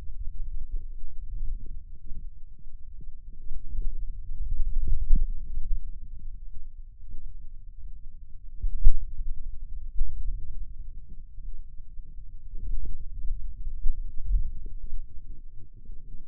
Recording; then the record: forearm muscle sounds (acoustic myography)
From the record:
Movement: hand closing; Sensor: system 2, bracelet of six BSWA MPA416 microphones around the upper forearm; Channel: 1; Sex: male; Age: 22 years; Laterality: right